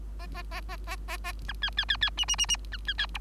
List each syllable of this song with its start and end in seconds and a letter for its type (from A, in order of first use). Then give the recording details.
0.19-0.27 A, 0.34-0.42 A, 0.51-0.61 A, 0.69-0.77 A, 0.87-0.96 A, 1.08-1.17 A, 1.24-1.32 A, 1.47-1.53 B, 1.62-1.70 C, 1.77-1.85 C, 1.89-1.97 C, 2.01-2.10 C, 2.17-2.25 D, 2.28-2.36 D, 2.38-2.46 D, 2.48-2.56 D, 2.72-2.77 B, 2.87-2.94 C, 2.98-3.06 C, 3.14-3.18 E. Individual Bird3